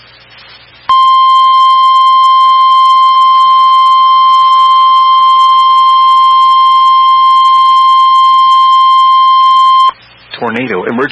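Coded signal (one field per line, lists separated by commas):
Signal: Emergency Alert System (SAME) tones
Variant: 1050 Hz attention tone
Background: speech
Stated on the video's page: Tornado Warning with tornado emergency on NOAA Weather Radio transmitter WNG689, issued by the National Weather Service Northern Indiana.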